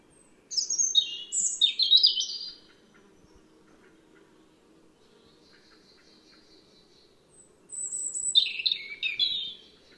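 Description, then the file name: European robin song in two bursts: fast, tumbling high notes and trills, a long quiet gap, then another sparkling tumbling phrase. "Erithacus rubecula"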